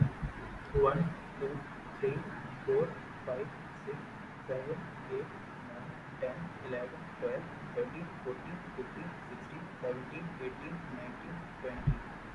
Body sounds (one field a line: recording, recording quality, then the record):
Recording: counting at a normal pace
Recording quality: moderate, slight background noise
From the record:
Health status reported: healthy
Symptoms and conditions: none ticked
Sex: male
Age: 25 years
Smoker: not ticked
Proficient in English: yes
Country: India